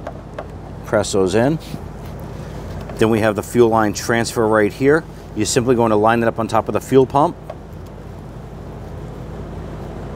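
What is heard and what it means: The fuel transfer line of a 2011-2023 Dodge Charger 3.6L V6 fuel pump assembly is being lined up on top of the fuel pump before it is pushed down. Someone talks over a low steady background hum, with a few faint short taps near 0.1, 0.4 and 2.9 seconds. Nothing has been pushed down or clicked into place yet.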